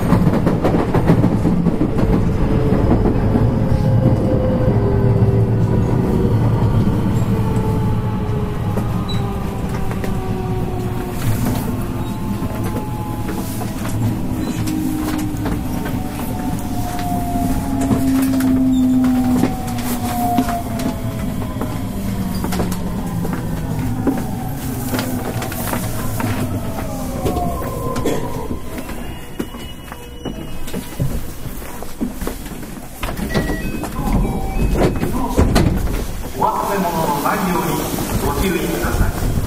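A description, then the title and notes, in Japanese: A JR West 223 series electric train runs with a steady low rumble and a slowly falling motor whine, clattering bursts near the end. JR223系 新快速 新大阪から京都まで。JR西日本 223系電車の走行音です。JR京都線の新快速列車にて収録しました。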